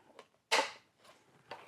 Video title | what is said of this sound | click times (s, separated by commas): Pack Double Action Anti-Souris et Anti-Rat : solution complète et efficace | Une fois que c'est clipsé, vous avez plus qu'à refermer la boîte. Donc là, on entend les claques. | 0.2 s, 1.5 s